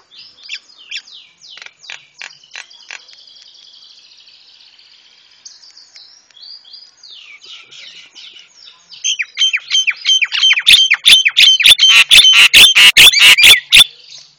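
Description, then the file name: Javan myna song: soft varied chattering notes that build into a loud fast series of harsh squawks and whistled chirps. Masteran for training cage birds; white-eyed form (mata putih). "masteran jalak kebo mata putih"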